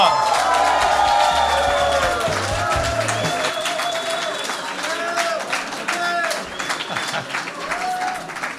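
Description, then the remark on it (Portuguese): A crowd at the seventh Festival Alternativo da Canção bursts into sustained applause with cheers and whoops for Hiládio Clímaco, dense clapping filling the whole stretch while high-pitched shouts and whistles rise above it, the noise easing slightly toward the end. “Antes de tudo, uma salva de palmas para Hiládio Clímaco!”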